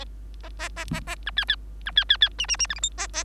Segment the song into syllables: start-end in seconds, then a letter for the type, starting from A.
0.43-0.49 A, 0.59-0.69 A, 0.76-0.85 A, 0.92-1.00 A, 1.07-1.15 A, 1.26-1.31 B, 1.36-1.45 C, 1.48-1.56 C, 1.86-1.92 B, 1.96-2.04 C, 2.09-2.17 C, 2.21-2.29 C, 2.38-2.46 D, 2.48-2.56 D, 2.59-2.67 D, 2.69-2.75 E, 2.75-2.80 F, 2.82-2.89 G, 2.97-3.07 A, 3.13-3.23 A